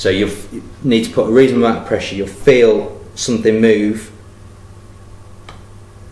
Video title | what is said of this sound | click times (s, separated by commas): Avdel Type 73200 Installation Tool - Top-up Priming Procedure | there you could hear a very light click when that um floating piston seats against the air piston rod | 5.5 s